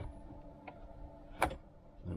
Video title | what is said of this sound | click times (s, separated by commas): Slide Out Overland Kitchen from Amazon - First Picnic | locks in place and there you go | 1.4 s